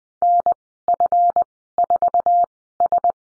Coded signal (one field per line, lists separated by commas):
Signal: Morse code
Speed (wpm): 20 wpm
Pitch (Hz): 700 Hz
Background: none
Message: NF4S